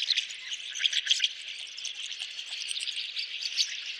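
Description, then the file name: Rosy starling song: a rasping chatter of crowded high clicks and squeaks with a few louder bursts. "jalak mawar"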